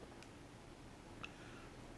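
A headphone headband slider on an Audeze LCD-2 is moved to a new position. Two short ticks are heard against a low background hum, a faint one at 0.2 s and a sharper one at 1.2 s. The slider clicks into its adjustment detent, unlike the older hi-fi design, which did not click.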